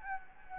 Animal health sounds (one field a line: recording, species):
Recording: mosquito wingbeat signal from an infrared sensor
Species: Anopheles gambiae